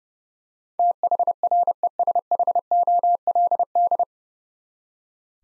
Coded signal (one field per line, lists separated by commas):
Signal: Morse code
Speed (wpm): 30 wpm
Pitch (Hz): 700 Hz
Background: none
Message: THRESHOLD